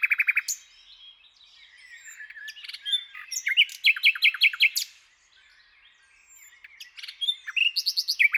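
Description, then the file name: Common nightingale singing short trills and varied chattering phrases, a brief pause, then another fast burst of repeated notes. "Luscinia megarhynchos"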